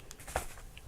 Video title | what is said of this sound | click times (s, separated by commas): Nokia Lumia 520 and Fire HD 8 Tablet Cases | snaps in place so wouldn't slide off right and | 0.4 s